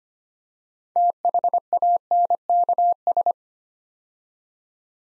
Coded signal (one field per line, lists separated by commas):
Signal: Morse code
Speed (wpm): 25 wpm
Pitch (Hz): 700 Hz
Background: none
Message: THANKS